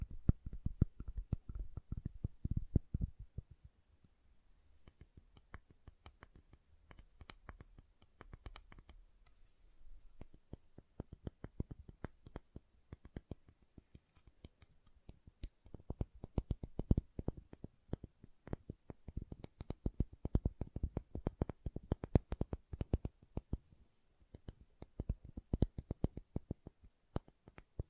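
Soap is tapped and carved in a dense run of short, sharp clicks and taps, some crisp and some duller and thuddy. The pace is quick and irregular throughout, easing briefly around the fifth second and near twenty-four seconds, with a faint low hum early on.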